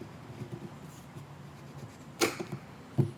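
The fuel tank cap on a Firman WH03242 inverter generator is screwed down onto the fuel tank filler neck, first turned back to avoid cross-threading. After quiet handling noise, a sharp click at 2.2 seconds shows the cap is seated and closed off, and a second short tap follows near 3.0 seconds.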